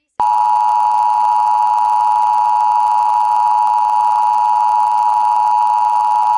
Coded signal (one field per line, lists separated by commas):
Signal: Emergency Alert System (SAME) tones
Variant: 853 and 960 Hz attention tone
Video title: Ventura Required Monthly Test (EAS #1209-1222) 9/5/23